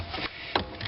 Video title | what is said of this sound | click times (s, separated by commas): 82 Porsche 911SC Master Cylinder Replacement - Part 4 | heard that click all | 0.6 s